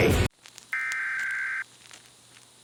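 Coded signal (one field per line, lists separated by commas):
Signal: Emergency Alert System (SAME) tones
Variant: header bursts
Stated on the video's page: Pennsylvania Required Monthly Test captured off TV stations and a cable box, some via Bluetooth headphones.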